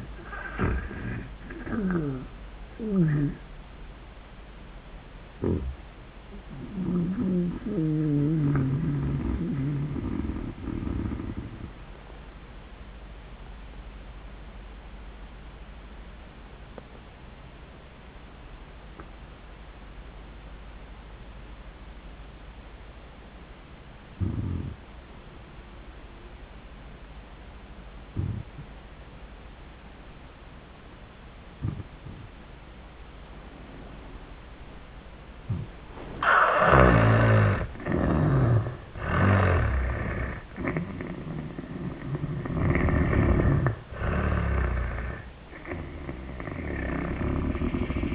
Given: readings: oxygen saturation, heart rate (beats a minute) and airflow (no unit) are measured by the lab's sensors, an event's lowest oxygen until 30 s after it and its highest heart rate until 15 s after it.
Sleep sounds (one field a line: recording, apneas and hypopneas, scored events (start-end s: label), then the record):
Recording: breathing in sleep by a voice recorder at the bedside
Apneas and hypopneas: 1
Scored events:
12.00-39.10 s: hypopnea (N1, oxygen 97% highest, then 80% lowest, heart rate 84 at the start, 88 highest)
19.00-48.15 s: new sleep stage, N2 (light sleep)
From the record:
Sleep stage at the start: N1 (lightest sleep)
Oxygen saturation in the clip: 76 to 97%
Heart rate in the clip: 78 to 96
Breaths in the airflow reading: 8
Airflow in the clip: -10.5 to 13.5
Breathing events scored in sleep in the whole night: 400 in 8.7 hours asleep